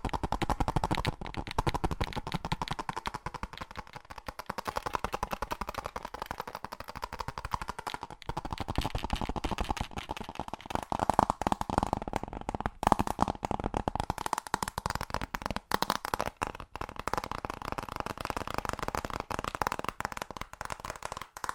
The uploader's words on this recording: ASMR Fast Tapping for The Most Tingles (No Talking).